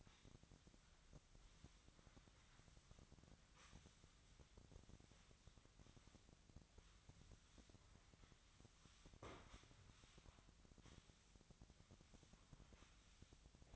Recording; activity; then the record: daily activity, microphone in the room; sweep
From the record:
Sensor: 3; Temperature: 24.8 degrees Celsius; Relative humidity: 38.3%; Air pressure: 1003.1 hPa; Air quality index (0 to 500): 196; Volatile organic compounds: 6 ppm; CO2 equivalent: 1913 ppm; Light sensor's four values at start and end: 15/36/15/16 and 15/36/15/16